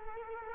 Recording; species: mosquito wingbeat signal from an infrared sensor; Culex quinquefasciatus